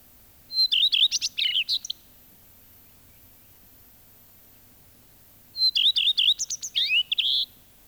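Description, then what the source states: Common Redstart song: two phrases about five seconds apart, each a high opening whistle followed by fast repeated notes and a varied jumbled ending. Field recording released on cassette in Finland in 1987.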